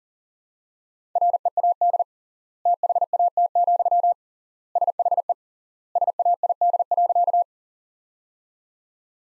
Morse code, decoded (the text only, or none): READ THAT, SHE SAID.